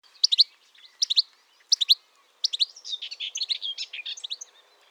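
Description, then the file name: European goldfinch calls: bright, tinkling twittered notes in short bursts, then a faster run of liquid chattering phrases toward the end. "Carduelis carduelis"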